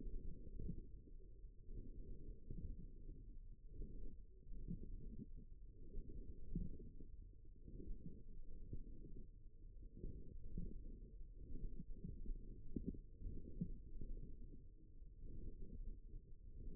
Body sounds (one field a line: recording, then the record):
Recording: forearm muscle sounds (acoustic myography)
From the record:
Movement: forearm pronation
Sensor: system 1, eight BSWA MPA416 microphones around the upper forearm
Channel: 3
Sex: male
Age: 54 years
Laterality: right